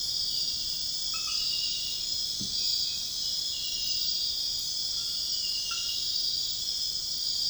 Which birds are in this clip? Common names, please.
none